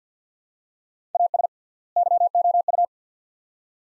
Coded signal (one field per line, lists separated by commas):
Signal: Morse code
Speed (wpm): 50 wpm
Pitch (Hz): 700 Hz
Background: none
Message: AS YOU